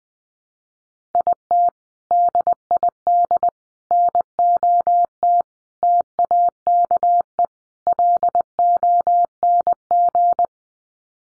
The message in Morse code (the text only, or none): IT DID NOT TAKE LONG